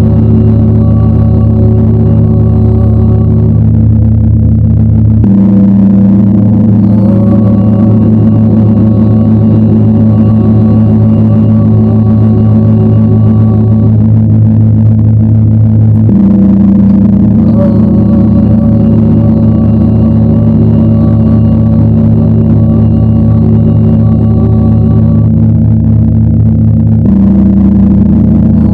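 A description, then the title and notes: A gong rings out in long, sustained tones, with a deep low hum and shimmering overtones that hang in the air. Fresh strikes land around 5, 16 and 27 seconds, each brightening the sound before it slowly settles again. The sound of the gong.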